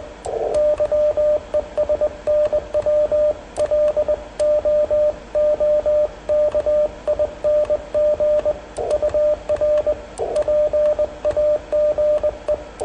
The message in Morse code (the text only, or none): YES NW LOOKING UR PAGE